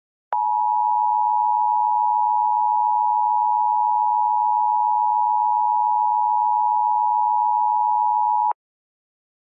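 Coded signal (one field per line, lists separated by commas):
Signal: Emergency Alert System (SAME) tones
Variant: 853 and 960 Hz attention tone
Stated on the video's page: Mock EAS alert, not a real alert.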